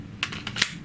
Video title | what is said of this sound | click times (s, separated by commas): AAP 01 review | right here you can pull it off put it back on and just make sure it clicks when you put it back in | 0.6 s